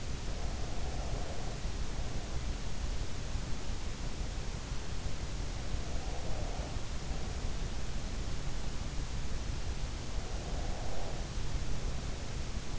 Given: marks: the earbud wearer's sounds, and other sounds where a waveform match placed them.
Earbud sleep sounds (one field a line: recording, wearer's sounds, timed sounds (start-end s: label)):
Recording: sounds in sleep by an in-ear microphone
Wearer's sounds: breath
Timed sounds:
0.00-3.24 s: breath
5.52-8.38 s: breath
9.99-12.79 s: breath